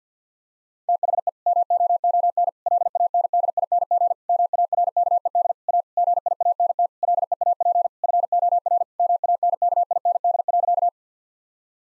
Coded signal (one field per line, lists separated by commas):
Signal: Morse code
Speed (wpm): 50 wpm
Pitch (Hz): 700 Hz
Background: none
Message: THE MOON LANDING MARKED A GIANT LEAP FOR MANKIND.